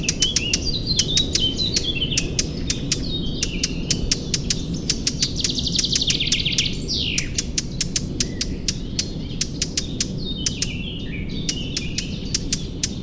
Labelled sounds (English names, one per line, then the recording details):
Eurasian Blackcap alarm call
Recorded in the wild
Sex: male
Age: adult
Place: Schönow, Naturpark Barnim, Brandenburg, DE
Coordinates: 52.6931, 13.5403
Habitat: forest
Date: 2006-06-11
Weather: fair, 15°C, no wind
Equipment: Marantz PMD 660, Sennheiser ME 66, K6P
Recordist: Frommolt, Karl-Heinz
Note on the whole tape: Waldgebiet zwischen Schönow und Waldfrieden, Laubwaldbestand: Warnrufe einer männlichen Mönchsgrasmücke. Entfernung 3 bis 5 m. Tier gesehen